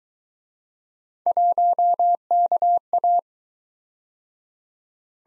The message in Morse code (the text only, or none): 1KA